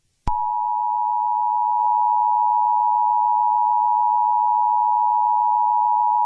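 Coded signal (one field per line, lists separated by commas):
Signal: Emergency Alert System (SAME) tones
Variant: 853 and 960 Hz attention tone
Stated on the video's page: Fictional fanmade EAS scenario.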